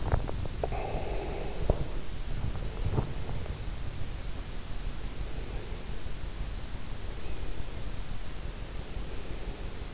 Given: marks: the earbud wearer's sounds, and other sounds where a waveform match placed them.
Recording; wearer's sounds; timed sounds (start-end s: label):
sounds in sleep by an in-ear microphone; swallowing
0.00-1.75 s: swallowing